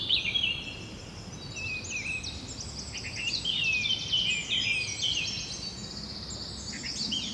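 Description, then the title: Birdsong from several birds at once, busy high twittering and short trills running without pause over faint background noise. Bird ambience recorded at Rue du Rossignol, Seneffe, Belgium, with a Sony PCM-D100 using its internal microphones. "Rue du Rossignol 7, 7180 Seneffe, Belgique - Birds ambience"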